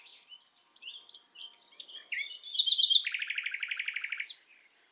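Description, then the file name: Common nightingale song, opening with varied sliding whistles and chirps, then swelling into a loud, fast, pulsing trill of repeated notes that stops abruptly. "Luscinia megarhynchos"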